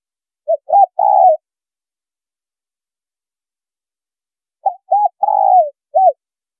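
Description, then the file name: Spotted dove giving two cooing phrases separated by a pause, short notes leading into a longer coo. Female bird. "Tieng cu gay mai"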